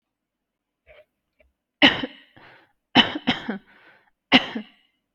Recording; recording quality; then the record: heavy voluntary cough; excellent, no background noise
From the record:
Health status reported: healthy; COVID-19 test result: negative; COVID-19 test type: RT-PCR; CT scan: not taken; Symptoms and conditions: none ticked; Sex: female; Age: 29 years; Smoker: no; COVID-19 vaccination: one dose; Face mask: not worn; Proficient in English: yes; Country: India